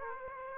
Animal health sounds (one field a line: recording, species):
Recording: mosquito wingbeat signal from an infrared sensor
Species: Aedes aegypti